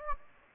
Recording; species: mosquito wingbeat signal from an infrared sensor; Anopheles gambiae